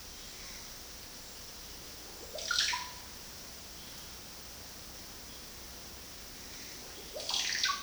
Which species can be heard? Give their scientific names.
Psarocolius angustifrons